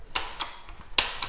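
The foot brake on the rear wheel assembly of a Vista V2 stroller is pressed after the brake housing is cleaned, so a metal pin from the frame engages the holes in the plastic wheel hub. Sharp clicks are heard at 0.2 s and 1.0 s, each followed by a fainter tick. The pin seats in the wheel and the brake works.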